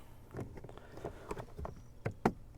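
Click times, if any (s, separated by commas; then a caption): 2.3 s. The damper arm of a 2nd gen Tacoma glovebox is pushed back onto its mounting post on the glovebox. Several small plastic ticks lead up to one sharp, loud snap at 2.3 s as the damper arm seats back into place.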